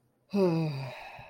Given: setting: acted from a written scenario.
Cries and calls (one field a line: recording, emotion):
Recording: vocal sound without words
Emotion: ecstasy